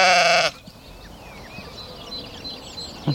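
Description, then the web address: Sheep bleat, a loud harmonic cry at the start, followed by quiet outdoor background with faint bird chirps. "Sheep"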